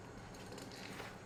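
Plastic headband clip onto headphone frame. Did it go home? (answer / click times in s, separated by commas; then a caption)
no / none. A replacement headband's plastic clip is positioned against the frame of an Audeze MM-500 / LCD5 headphone so its screw holes line up with the frame's screw holes. Only faint handling contact noises are heard over a steady low background hiss. The clip is not completely aligned yet, and nothing has snapped in or clicked.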